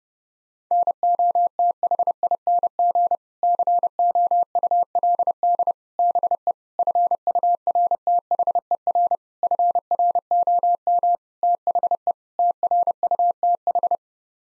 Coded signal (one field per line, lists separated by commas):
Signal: Morse code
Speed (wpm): 30 wpm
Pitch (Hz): 700 Hz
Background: none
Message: NOTHING COULD BE FURTHER FROM THE TRUTH